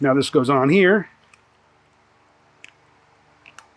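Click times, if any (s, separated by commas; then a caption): 2.6 s, 3.5 s, 3.6 s. Someone talks, then a 3D printed plastic cap with locking rings is pushed onto a power valve test fixture for testing Holley power valves. Sharp clicks sound at 2.6 s, 3.5 s and 3.6 s as the cap snaps into place, a little finicky but seated.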